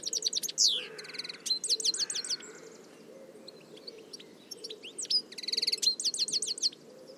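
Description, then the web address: Bird calls in quick trilled bursts of high, bright notes, with a quiet pause midway before more rapid trills return, all over a constant low hum. "cianscape birddata Deverinetal 2025 Bird Only Ca Ca Ca Ca"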